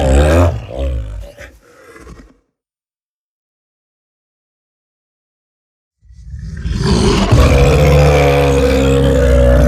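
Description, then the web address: Bear scream: a ragged growling roar fades out, a few seconds of silence follow, then a second loud, deep roar begins. "medium great bear scream"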